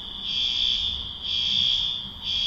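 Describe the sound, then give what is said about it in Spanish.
A cricket chirps in a loud, high-pitched, continuous trill, broken into three long bursts by two brief dips, with no talking over it. “Oye, díganle al grillo que es que.”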